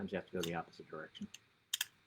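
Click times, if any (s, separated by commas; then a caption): 1.7 s. A small plastic part on a model locomotive's truck (bogie) is worked in the opposite direction and pushed back into place while someone talks. A sharp snap is heard at 1.7 s, followed by a second click at 1.8 s, and the part is seated back on.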